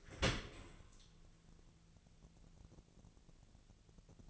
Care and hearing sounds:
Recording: daily activity, microphone in the room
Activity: open dishwasher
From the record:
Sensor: 4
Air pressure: 1001.3 hPa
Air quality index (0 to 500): 179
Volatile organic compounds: 2 ppm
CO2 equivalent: 1280 ppm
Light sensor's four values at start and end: 11/26/10/11 and 11/24/10/10

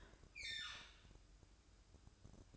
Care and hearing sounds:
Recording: daily activity, microphone in the room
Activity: open fridge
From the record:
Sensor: 2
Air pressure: 1007.6 hPa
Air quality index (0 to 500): 60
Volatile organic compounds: 1 ppm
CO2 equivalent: 593 ppm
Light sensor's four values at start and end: 9/22/9/9 and 9/22/9/9

